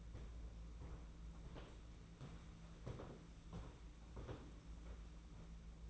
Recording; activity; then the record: daily activity, microphone in the room; walk to room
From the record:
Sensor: 1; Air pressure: 992.0 hPa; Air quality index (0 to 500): 216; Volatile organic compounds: 1000 ppm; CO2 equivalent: 8418 ppm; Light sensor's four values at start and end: 22/77/30/30 and 21/74/29/29